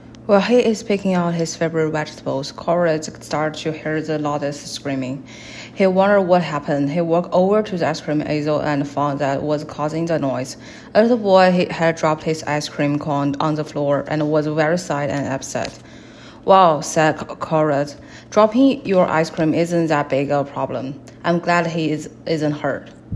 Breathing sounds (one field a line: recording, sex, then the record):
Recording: reading aloud after running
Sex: female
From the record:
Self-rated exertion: light exertion (2 of 6)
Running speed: 6 miles an hour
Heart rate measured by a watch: 103 beats a minute at the start, 99 at the end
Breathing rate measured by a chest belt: 12 breaths a minute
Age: 23 years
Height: 163 cm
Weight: 70 kg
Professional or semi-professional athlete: no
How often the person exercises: 1 to 2 times a week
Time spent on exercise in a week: 1 to 2 hours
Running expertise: no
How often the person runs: 1 to 2 times a week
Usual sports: running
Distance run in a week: 7 km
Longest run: 7 km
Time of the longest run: 50 minutes